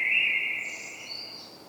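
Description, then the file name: Common blackbird giving a short fragment of song: a brief mellow whistled note fading into a soft, high, thin twitter. "Turdus merula"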